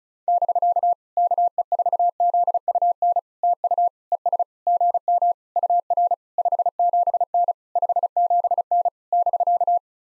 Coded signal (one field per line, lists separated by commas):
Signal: Morse code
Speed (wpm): 33 wpm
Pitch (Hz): 700 Hz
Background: none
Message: <BK> KE4ZUN TU ES GM UR 57N 57N <BK>